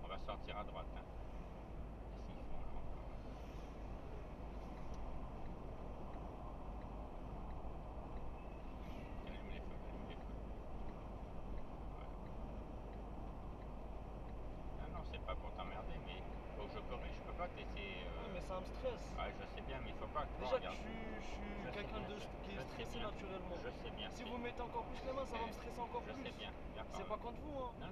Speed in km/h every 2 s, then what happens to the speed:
79, 79, 79, 78, 78, 78, 77, 75, 80, 82, 73, 72, 72, 71.
0-17 steady at about 78. 17-22 slows to 72. 22-28 steady at about 72.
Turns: none.